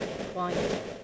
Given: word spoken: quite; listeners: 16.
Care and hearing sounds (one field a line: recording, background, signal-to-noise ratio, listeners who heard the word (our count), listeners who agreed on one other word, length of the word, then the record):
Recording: one English word in noise, from a listening test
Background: noise modulated by three-talker babble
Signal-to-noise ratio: -3.9 dB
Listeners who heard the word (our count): 3 of 16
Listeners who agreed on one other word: 7 of 16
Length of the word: 0.64 s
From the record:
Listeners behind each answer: 7, 3, 2, 2, 1, 1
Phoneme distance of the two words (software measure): 7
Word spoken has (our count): 1 syllable, 4 phonemes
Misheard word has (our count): 1 syllable, 3 phonemes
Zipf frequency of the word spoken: 5.92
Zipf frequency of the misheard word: 5.25